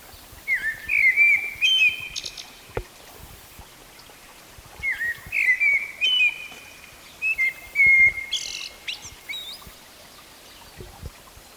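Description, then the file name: Common blackbird singing three mellow whistled phrases, each sliding up from a low fluty start and finishing in squeaky high twitters, with faint ticking in the background. "Turdus merula"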